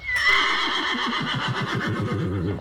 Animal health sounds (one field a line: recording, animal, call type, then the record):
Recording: contact call of a hoofed animal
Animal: horse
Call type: whinny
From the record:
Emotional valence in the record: negative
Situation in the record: separation from one group member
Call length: 2.6 s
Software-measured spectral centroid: 2340 Hz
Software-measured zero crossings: 2860 a second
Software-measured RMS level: -24 dBFS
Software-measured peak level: -10 dBFS